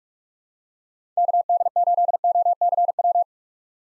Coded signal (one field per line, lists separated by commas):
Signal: Morse code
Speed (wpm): 46 wpm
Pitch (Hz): 700 Hz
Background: none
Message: KD8OCW